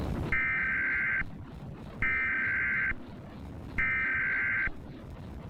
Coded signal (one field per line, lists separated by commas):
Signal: Emergency Alert System (SAME) tones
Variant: header bursts